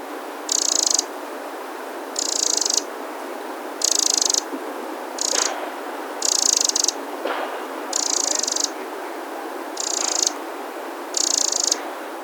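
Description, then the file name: Eurasian wren rattling calls: high, dry bursts about half a second long, repeated every one to two seconds, over steady background hiss. "Troglodytes troglodytes"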